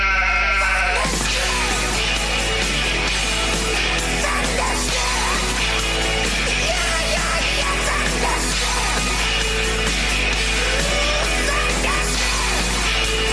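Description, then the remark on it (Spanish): An approaching flock of sheep bleats continuously, many wavering, overlapping calls at varied pitches piling into a loud, dense chorus after a brief opening moment, with a steady low hum underneath. “El rebaño está a punto de llegar.”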